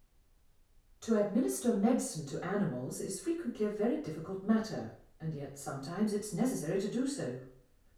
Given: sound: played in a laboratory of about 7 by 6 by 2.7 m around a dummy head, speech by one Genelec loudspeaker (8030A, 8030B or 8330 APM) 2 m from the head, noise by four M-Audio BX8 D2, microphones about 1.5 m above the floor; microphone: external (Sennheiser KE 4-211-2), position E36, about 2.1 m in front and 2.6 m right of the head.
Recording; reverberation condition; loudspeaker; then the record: female speech in English; medium; 150 degrees to the right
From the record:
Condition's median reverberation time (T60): about 510 ms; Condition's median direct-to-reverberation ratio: about -0.5 dB